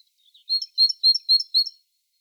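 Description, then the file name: Great tit call: a couple of faint lead-in notes, then five crisp, evenly spaced high double notes, clean and without other sounds. "Parus major"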